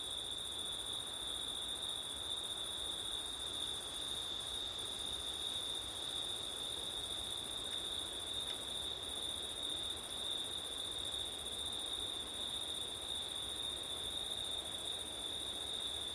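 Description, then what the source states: Cricket: steady high trilling of crickets fills the whole stretch, even and unbroken, with faint windy hiss beneath. Crickets at night in September, with wind; recorded with an ORTF stereo setup (given as 'ortif').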